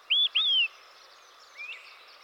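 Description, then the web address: Olive-sided flycatcher singing a phrase of two loud whistled notes, the second long and sliding downward, followed by a faint rising whistle, with background hiss. "Dan Gibson's Solitudes Nature Trails. Olive-Sided Flycatcher"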